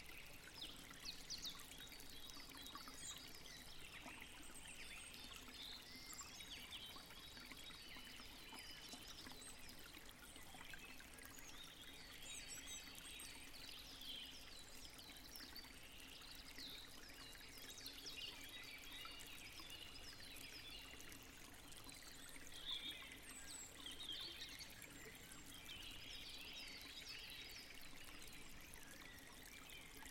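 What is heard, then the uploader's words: Birds chirp steadily through a continuous soft wash, with bright, busy calls layered thickly in the upper range for the full thirty seconds. A low, sustained tone hums underneath, and the overall level stays even, with a slightly stronger chirp burst near 23 seconds. A carefully curated mix of gentle music, the soft caress of the wind, and the cheerful chirping of birds. Listening to the wind playing with the leaves and birds singing happy tunes.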